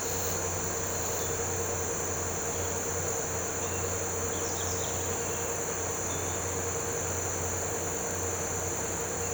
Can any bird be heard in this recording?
no